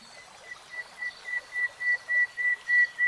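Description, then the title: Nightingale song: a pure whistled note repeated steadily about three times per second, growing louder toward the end. Nightingale singing, in a 3-hour real-time recording. "[Tiếng chim hót] 3 Hours REALTIME Nightingale Singing"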